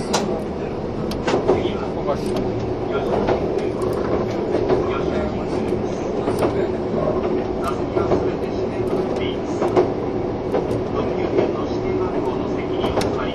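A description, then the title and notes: A train runs steadily, its rumble thick and continuous with a strong low-mid drone throughout. Sharp clicks and rattles of wheels over track joints recur every second or so, and faint voices seem to murmur in the background. 近鉄16000系 吉野特急4508レ 01/01:吉野～大阪阿部野橋. The 16000 series is the oldest class of Kintetsu limited express trains. This is the train running sound (still image) of the ``Yoshino Express''.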